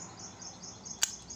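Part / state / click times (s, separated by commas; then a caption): plastic retaining pin-clip into electric fan housing / seated / 1.0 s. A plastic retaining pin-clip, the kind used in refrigerators, is pushed into an electric fan's housing while the cover is refitted, giving one sharp, bright click at 1.0 s against faint steady background hiss. The clip seats and is secure.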